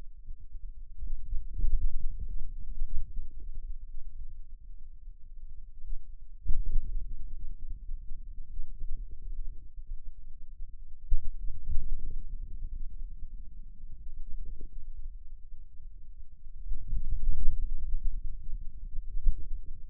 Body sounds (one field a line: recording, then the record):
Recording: forearm muscle sounds (acoustic myography)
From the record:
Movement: ulnar deviation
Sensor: system 2, bracelet of six BSWA MPA416 microphones around the upper forearm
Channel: 1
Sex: male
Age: 22 years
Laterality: right